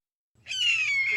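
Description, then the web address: Red-tailed hawk giving a single harsh, raspy scream that starts high and slurs slightly downward, beginning after a short silence and still sounding at the end. Two calls. "lynne-publishing Red Tail Hawk"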